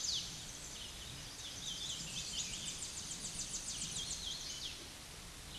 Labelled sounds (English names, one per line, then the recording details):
Tennessee Warbler song
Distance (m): 45 m
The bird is about 25 m above the microphone
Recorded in a Pennsylvania forest on 16 May 2024 at 09:52
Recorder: AudioMoth, point MSD-0508
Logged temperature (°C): 15.5 °C
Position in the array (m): 62 m, 176 m